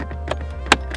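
A plastic piano black centre console trim panel on a Fiesta ST is pried with a panel tool and pulled outward so its retaining clips release from the dashboard. A sharp loud click at 0.7 s stands out over a steady low hum and several fainter taps, and the trim panel clips pop out.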